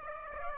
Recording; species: mosquito wingbeat signal from an infrared sensor; Aedes aegypti